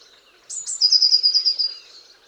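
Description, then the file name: Eurasian blue tit giving a single phrase, two very high piercing notes followed by a rapid, even trill that fades out. "Cyanistes caeruleus"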